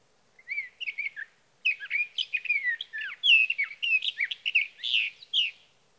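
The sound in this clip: Sage thrasher singing a long, rambling warble of quick varied notes, a few separate phrases first, then several seconds of unbroken jumbled, sweet and scratchy notes.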